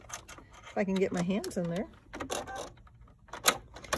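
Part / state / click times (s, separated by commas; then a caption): presser foot onto sewing machine shank / seated / 3.5 s. A metal snap-on presser foot is pushed up onto a sewing machine's presser-foot shank while someone talks, with small handling taps and rattles around it. A sharp click at 3.5 seconds marks the foot snapping into place, and it is seated.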